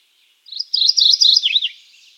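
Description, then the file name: Mourning Warbler gives a fast, rolling chain of paired high chirps, closing with dipping, slurred lower notes, then quiet. "Geothlypis philadelphia - Mourning Warbler"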